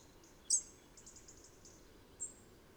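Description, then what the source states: Bird giving thin, very high tsi notes, one sharp note near the start and another late, with faint fluttering high notes between over quiet background hiss. Tsi calls at dawn.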